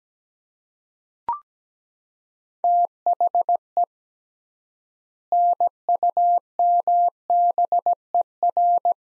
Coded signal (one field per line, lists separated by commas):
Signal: Morse code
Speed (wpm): 17 wpm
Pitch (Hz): 700 Hz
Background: none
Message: THE NUMBER